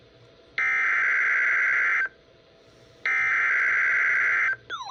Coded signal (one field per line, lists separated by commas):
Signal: Emergency Alert System (SAME) tones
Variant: header bursts